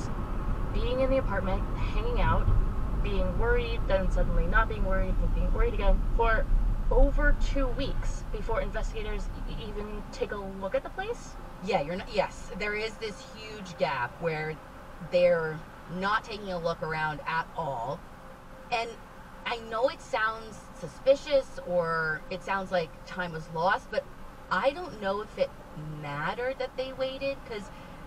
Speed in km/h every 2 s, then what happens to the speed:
44, 39, 31, 19, 11, 0, 0, 0, 0, 0, 0, 0, 0, 0.
0-9 brakes to 0. 9-28 standing.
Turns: none.